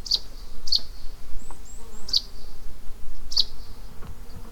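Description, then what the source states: Russet sparrow song: short, sharp high chirps repeated at uneven intervals, with faint thin whistles between them. Recorded on 31 May 2015 at Iou-no-sato.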